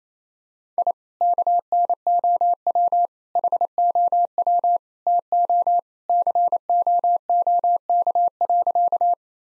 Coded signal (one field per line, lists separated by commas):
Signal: Morse code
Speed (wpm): 28 wpm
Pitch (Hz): 700 Hz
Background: none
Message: I KNOW HOW TO COOK.